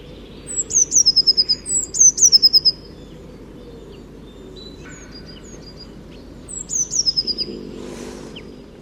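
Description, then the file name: Eurasian blue tit giving high, thin descending notes running into quick repeated notes, a long burst and then a shorter one several seconds later, over a low background rumble. "Cyanistes caeruleus"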